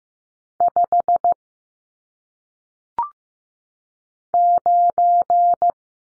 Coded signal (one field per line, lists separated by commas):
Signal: Morse code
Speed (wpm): 15 wpm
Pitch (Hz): 700 Hz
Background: none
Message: 5 9